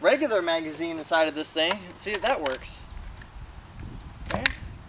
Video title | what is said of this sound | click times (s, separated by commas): Unboxing 3 Splat R Ball Gel Blasters | boom it clicks right in so you can interchange all of the gel blaster parts | 4.5 s